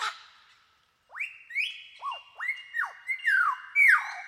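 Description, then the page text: Superb lyrebird song: a loud run of varied whistled notes, long level tones broken by sharp rising and falling sweeps, growing louder toward the end after a short pause. "Большая птица-лира - Superb Lyrebird (Menura novaehollandiae)"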